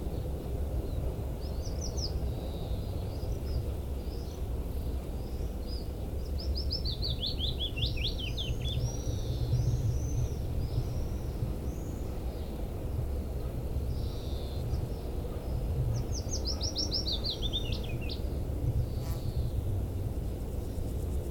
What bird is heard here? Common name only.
Willow Warbler